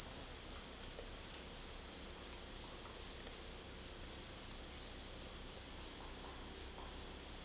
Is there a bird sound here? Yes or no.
no